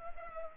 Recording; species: mosquito wingbeat signal from an infrared sensor; Culex pipiens